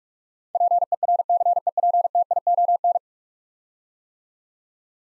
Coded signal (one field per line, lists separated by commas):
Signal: Morse code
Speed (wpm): 42 wpm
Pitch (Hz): 700 Hz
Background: none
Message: PERCEPTION